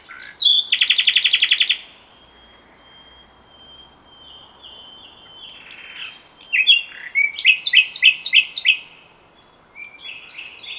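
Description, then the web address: Common nightingale song: a loud rapid trill, a long thin whistle, then a series of repeated sharp, down-slurred notes. "SETE Luscinia megarhynchos"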